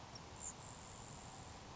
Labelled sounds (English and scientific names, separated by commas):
Grasshopper Sparrow (Ammodramus savannarum)